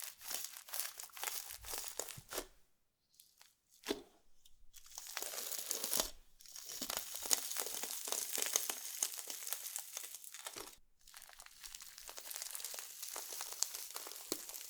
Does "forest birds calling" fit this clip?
no